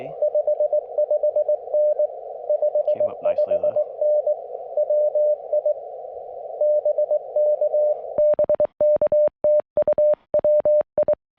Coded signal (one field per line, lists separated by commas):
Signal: Morse code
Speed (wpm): 22 wpm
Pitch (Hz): 590 Hz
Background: radio noise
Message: 55N 55N WI BK BK TU WI